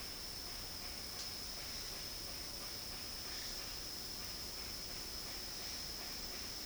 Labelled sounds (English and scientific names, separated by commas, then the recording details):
none
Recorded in dense forest near Puerto Asís, Putumayo, Colombia, on 21 February 2024 at 11:00
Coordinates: 0.481, -76.318
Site G6421